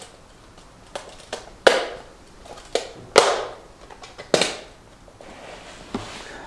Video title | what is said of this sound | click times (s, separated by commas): Premier Trophy integral vintage | là j'avais la trouille quand vous entendez le clip wet de la fermer c est quand même assez | 1.7 s